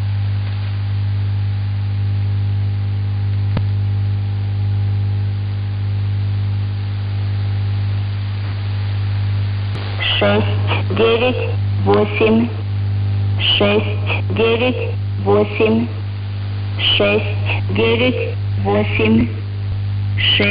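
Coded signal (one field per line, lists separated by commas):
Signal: numbers station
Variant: S06s Russian Lady, Russian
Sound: ten seconds of hum and static, then a woman's short, evenly spaced spoken words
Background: radio static, mains hum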